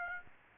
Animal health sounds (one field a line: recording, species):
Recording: mosquito wingbeat signal from an infrared sensor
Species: Aedes aegypti